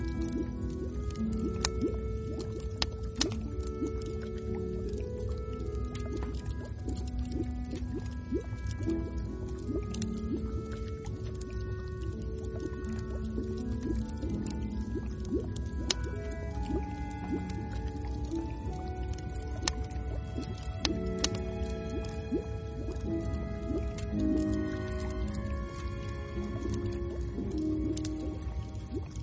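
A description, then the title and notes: A wood fire crackles with sharp pops over a steady low rumble, while wavering bubbling tones rise and fall throughout. Weary hikers can rest their feet in the warmth of an inn, a wood fire, the sound of bubbles.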